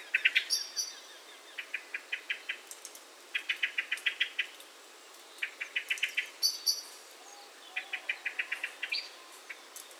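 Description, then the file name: Common blackbird giving sharp clicking chink notes in quick bursts of several, with thin high squeaky notes between the bursts. "Turdus merula"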